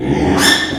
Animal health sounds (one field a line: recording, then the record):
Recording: squeal of a Yucatan mini pig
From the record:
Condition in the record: after surgery on the right vocal fold (resection and tissue-engineered implant)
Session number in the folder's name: 3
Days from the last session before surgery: 33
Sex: male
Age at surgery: 12 weeks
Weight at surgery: 13 kg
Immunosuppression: cyclosporine, prednisolone